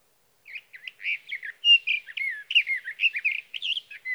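Sage thrasher song, a quick run of warbled chirps and downslurred whistles, steadily varied and continuous for over three seconds.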